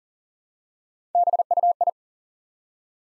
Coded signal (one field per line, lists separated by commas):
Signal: Morse code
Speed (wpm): 40 wpm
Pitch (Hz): 700 Hz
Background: none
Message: BUI